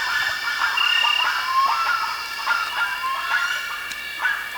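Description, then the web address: Bird calls, quick chattering notes with short whistles. "BIRD 2015 SABIOD"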